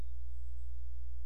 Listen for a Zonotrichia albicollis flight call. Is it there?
no